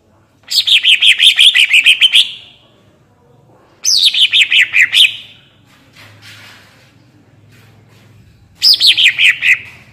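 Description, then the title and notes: Greater green leafbird song in three phrases, each a rapid series of chattering notes falling in pitch, with quiet gaps between. Master recording for training captive cucak ijo; bird singing gacor and melodious (merdu), in ngentrok style with raised crest (jambul nembak). "Cucak Ijo Gacor Ngentrok Jambul Nembak. suara burung cucak ijo gacor, merdu cocok buat masteran burung cucak ijo"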